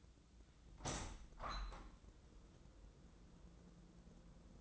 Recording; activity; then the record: daily activity, microphone in the room; open window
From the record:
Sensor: 3